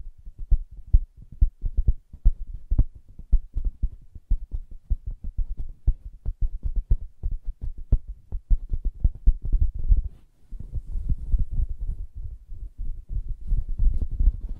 Soft Fabric Surface Tapping & Scratching